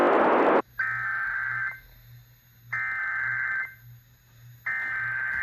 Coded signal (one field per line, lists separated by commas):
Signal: Emergency Alert System (SAME) tones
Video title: A piece of some slight - Alerts from 6/30/24 (EAS #1115 - 1132)